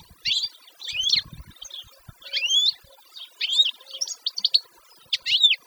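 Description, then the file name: Canary song in short bursts of high, quick chirps and swooping whistled notes, separated by brief pauses. "Canary Voice"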